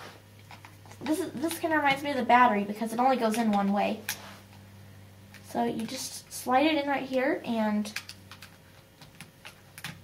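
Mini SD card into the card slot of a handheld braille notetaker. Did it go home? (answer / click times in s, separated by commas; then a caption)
no / none. A mini SD card, which fits only one way, is slid into the card slot of a handheld braille notetaker and lined up while someone talks. Short, faint handling taps follow near the end, from about 8.3 to 9.8 seconds. The card has not yet been pushed down, and nothing has seated or clicked.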